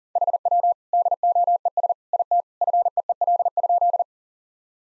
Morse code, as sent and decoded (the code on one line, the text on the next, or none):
.... .-- / -.. --- . ... / .. - / ..-. . . .-.. ..--..
HW DOES IT FEEL?